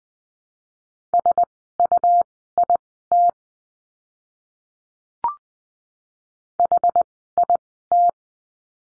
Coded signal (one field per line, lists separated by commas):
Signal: Morse code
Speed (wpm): 20 wpm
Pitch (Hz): 700 Hz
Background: none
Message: SUIT HIT